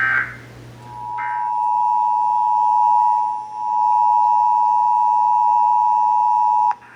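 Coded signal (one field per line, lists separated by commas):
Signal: Emergency Alert System (SAME) tones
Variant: 853 and 960 Hz attention tone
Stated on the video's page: Texas Required Monthly EAS Test, July 2024, as received on several radio and TV stations.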